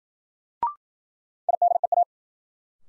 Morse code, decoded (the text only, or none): IDEA